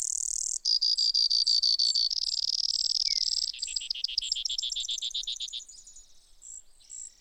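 Brewer's sparrow song: a bright, level trill, then a slower, lower rattle of notes that fades into soft, scattered high chips.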